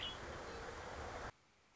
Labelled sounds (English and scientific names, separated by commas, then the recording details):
Red-winged Blackbird (Agelaius phoeniceus)
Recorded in Sonoma County, California